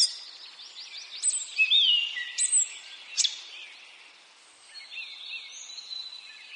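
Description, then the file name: Eurasian blackcap song, a few scattered warbled phrases between pauses. "Sylvia atricapilla"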